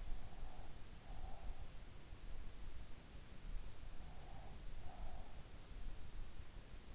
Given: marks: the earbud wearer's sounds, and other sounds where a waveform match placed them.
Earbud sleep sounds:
sounds in sleep by an in-ear microphone; breath
0.00-1.75 s: breath
3.77-5.35 s: breath

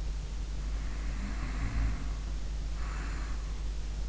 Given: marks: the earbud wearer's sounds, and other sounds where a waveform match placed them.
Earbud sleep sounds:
sounds in sleep by an in-ear microphone; snoring breath
0.77-3.52 s: snoring breath

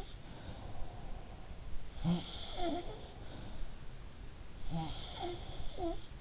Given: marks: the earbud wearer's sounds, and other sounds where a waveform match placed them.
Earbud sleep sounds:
sounds in sleep by an in-ear microphone; breath
0.00-0.51 s: sound from someone else or the room
0.08-3.82 s: breath
1.82-3.83 s: sound from someone else or the room
4.65-6.21 s: sound from someone else or the room

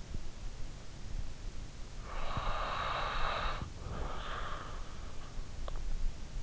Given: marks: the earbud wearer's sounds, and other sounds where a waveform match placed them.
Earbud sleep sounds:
sounds in sleep by an in-ear microphone; breath
1.48-5.31 s: breath

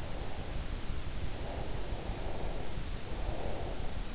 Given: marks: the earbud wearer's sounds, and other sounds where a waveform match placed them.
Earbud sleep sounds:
sounds in sleep by an in-ear microphone; breath
1.12-3.98 s: breath

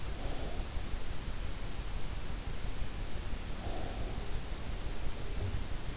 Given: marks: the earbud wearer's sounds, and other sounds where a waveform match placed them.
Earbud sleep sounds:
sounds in sleep by an in-ear microphone; breath
0.00-1.03 s: breath
3.58-4.41 s: breath

